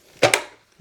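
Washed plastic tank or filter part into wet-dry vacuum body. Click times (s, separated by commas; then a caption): 0.2 s, 0.3 s. A plastic tank or filter part, washed with soap and hot water and dried, is pushed back into the body of a Bissell CrossWave HydroSteam wet-dry vacuum. Two sharp hits at 0.2 s and 0.3 s mark it locking into place, followed by a faint low knock near 0.8 s. The part is seated.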